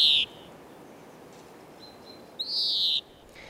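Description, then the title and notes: European greenfinch: the tail of one wheeze, a thin faint whistle, then a drawn-out, buzzy, slightly descending wheeze lasting over half a second. "Viherpeippo. Asko Hauta-aho"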